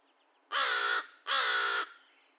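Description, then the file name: American crow calling twice with rasping, evenly long caws in quick succession against a quiet background. Recorded 2 May 2020; a series of caw-caws and one caw. "2020-05-02 American Crow cawcawsandonecaw"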